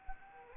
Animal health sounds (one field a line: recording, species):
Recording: mosquito wingbeat signal from an infrared sensor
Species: Anopheles arabiensis